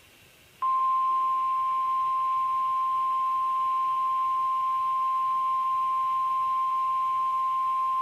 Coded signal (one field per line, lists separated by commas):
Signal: Emergency Alert System (SAME) tones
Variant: 1050 Hz attention tone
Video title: Jon's Sunday in a Nutshell | Many EAS Alerts from LWX